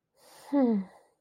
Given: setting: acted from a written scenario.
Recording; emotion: vocal sound without words; contentment